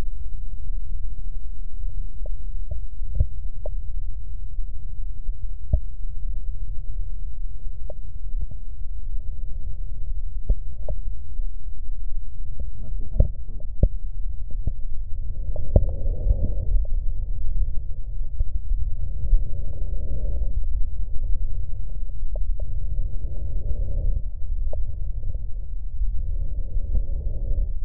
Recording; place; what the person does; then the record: lung sounds by stethoscope; right posterior basal chest; quiet breathing, then deep breathing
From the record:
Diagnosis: none (healthy); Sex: male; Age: 60 years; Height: 190 cm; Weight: 150 kg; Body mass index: 41.6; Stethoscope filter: extended mode